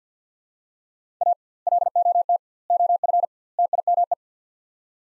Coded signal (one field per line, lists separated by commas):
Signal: Morse code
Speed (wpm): 50 wpm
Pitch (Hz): 700 Hz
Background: none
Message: A LOT OF TIME